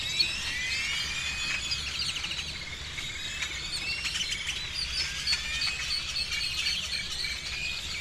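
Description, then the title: Birds chirp and twitter in a lively mass chorus, quick squeaky notes and slurred whistles tumbling over one another continuously. Birds over the seafront (malecón) before dawn in Campeche, Mexico; recorded on a TASCAM DR-100 mkII with a RODE NTG-2 shotgun microphone and deadcat windshield. "Campeche, México - Aves sobre malecón en madrugada"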